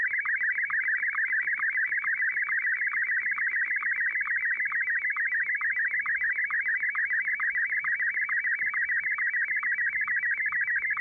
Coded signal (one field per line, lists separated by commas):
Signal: SSTV (slow-scan television)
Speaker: So, I think you can already tell what's going to happen when I start it.